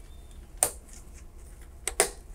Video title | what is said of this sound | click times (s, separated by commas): HPE ProLiant DL580 Gen9 Memory Overview & Upgrade - How to Install Memory - DDR4 - RAM Install | you just want to hear those clicks make sure you have firm connections | 0.6 s, 2.0 s